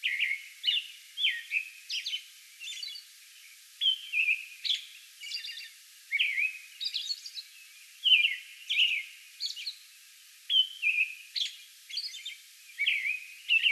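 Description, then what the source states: American robin singing a run of rich, slurred whistled phrases alternating with high thin squeaks, with short pauses between groups. Song bout recorded May 11.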